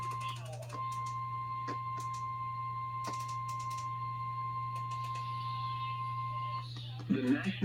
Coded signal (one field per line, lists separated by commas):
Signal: Emergency Alert System (SAME) tones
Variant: 1050 Hz attention tone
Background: speech, music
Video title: EAS 418 & 419 - FFW on KEC80 and WABE